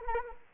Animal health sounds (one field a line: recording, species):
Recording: mosquito wingbeat signal from an infrared sensor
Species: Anopheles arabiensis